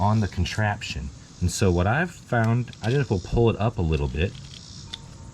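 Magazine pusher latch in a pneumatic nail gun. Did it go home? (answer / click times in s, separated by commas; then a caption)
no / none. Someone talks while handling the magazine pusher latch of a pneumatic nail gun, with the nail strip loaded into the magazine, pulling the spring pusher up a little toward the nails. Two brief, faint ticks are heard near the end, but nothing has seated or clicked yet; the clip ends just before the pusher latches home.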